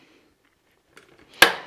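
A torque screwdriver set to 2 Nm tightens a screw on a consumer unit earth bar that holds the CPC. After faint handling and a small tick near 1.0 s, a sharp, loud click rings out at 1.4 s and decays, confirming the screw has reached the torque setting.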